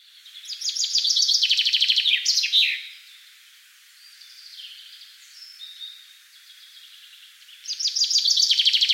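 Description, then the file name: Common chaffinch song: a bright series of repeated notes ending in a flourish around 2.5 seconds, quieter twittering between, then a second phrase starting near 7.7 seconds. "Fringilla coelebs"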